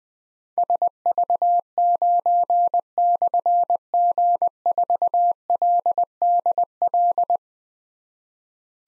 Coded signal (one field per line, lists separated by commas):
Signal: Morse code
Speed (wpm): 20 wpm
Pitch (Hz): 700 Hz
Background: none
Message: SV9/G4LDL